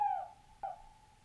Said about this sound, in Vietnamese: Đây là cái tiếng cú nó rúc. Tiếng này là tiếng cú rúc, tức là cái tiếng cú gọi bầy.